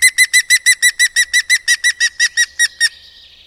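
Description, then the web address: Bird song: a fast series of many loud, ringing notes, evenly repeated. "madarak enek"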